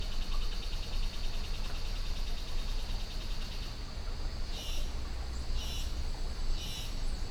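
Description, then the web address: Insects in a steady high buzzing chorus with fast pulses, joined after four seconds by three louder rasping bursts about a second apart, over a constant low rushing of river water. Insect chatter swelling in Costa Rica jungle rainforest at 06:32 AM beside a river, recorded with a Holophone. "GDC 2019-Game Audio Bundle Pole Position - Costa Rica Jungle Rainforest Jungle,Costa Rica, 06 32 AM,Insect Chatter Swells,River,Holophone"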